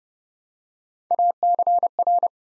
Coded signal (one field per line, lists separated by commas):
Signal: Morse code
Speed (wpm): 32 wpm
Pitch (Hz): 700 Hz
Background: none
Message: ACR